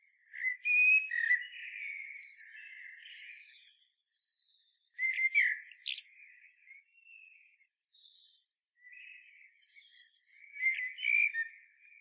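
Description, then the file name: Common blackbird delivering fluty, melodious phrases with squeaky high endings, three bursts spread over several seconds with quiet gaps. "Turdus merula"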